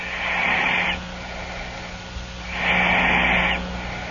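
A sleeping adolescent boy who has not yet gone through puberty, snoring, with a little whistle at the end of each inspiration.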